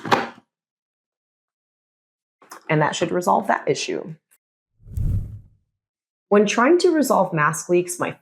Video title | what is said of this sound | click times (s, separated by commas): How to Stop CPAP Mask Leaks Tonight - Respiratory Therapist's Complete Fix Guide | And all I'm going to do is reinsert it until it clicks. | 0.1 s